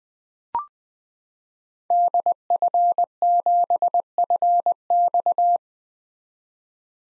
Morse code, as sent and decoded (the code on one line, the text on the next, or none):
-.. ..-. --... ..-. -..-
DF7FX